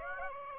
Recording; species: mosquito wingbeat signal from an infrared sensor; Aedes aegypti